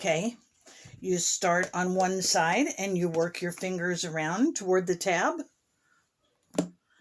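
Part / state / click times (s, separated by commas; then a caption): plastic lid seal onto food storage container rim / seated / 6.6 s. A flexible plastic lid seal is worked around by fingers from one side toward its tab and pressed onto the rim of a plastic food storage container while someone talks. After a short pause, the seal snaps onto the container rim with a sharp click at 6.6 s.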